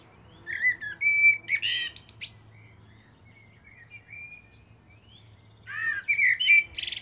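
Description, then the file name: Common blackbird delivering rich whistled phrases with thin, scratchy high notes; two phrases separated by a quiet gap, over a faint low rumble. "Turdus merula"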